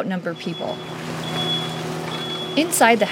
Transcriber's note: soundbite of bus beeping